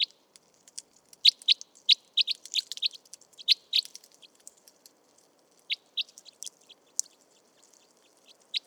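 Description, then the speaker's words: Crossbill feeding noises: bursts of crisp high ticks and cracks, clustered in the first four seconds, then sparser snaps later. Crossbills peeling pine cones; morning, February 2020, 1500 m on Montagne du Puy, Drôme, mixed conifer and oak forest; Nagra Seven and Telinga Pro7 stereo. "des becs croisés épluchent des pommes de pin."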